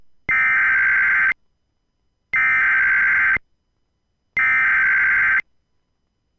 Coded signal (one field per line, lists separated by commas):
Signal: Emergency Alert System (SAME) tones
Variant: header bursts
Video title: Another NorCal CAE (EAS 645)